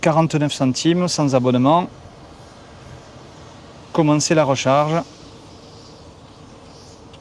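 A man talks as charging is started at a station, before the charging-station plug is pushed into the van's charging inlet. Between his words there is only a low, steady background hum. Nothing has seated or clicked yet: the charging connector is not yet in the inlet when the clip ends.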